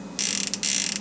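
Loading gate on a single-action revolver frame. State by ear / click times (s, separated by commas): not seated / none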